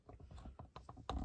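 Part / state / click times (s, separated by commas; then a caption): plastic trim cover into headliner/mirror housing / not seated / none. A plastic trim cover is handled at an Audi headliner/mirror housing, hooked on its bottom lips and worked into position, producing a series of light plastic rattles and taps with sharper knocks at 0.8 s and 1.1 s. The cover has not clicked back in yet; nothing has seated.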